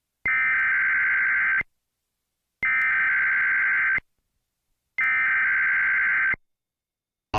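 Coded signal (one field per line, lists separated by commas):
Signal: Emergency Alert System (SAME) tones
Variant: header bursts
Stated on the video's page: EAS Required Monthly Test for the Philadelphia area aired on WHYY-FM within a radio program, with the famous buzzer.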